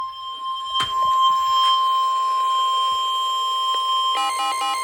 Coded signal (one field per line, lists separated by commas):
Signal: Emergency Alert System (SAME) tones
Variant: 1050 Hz attention tone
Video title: EAS #55 (SVR)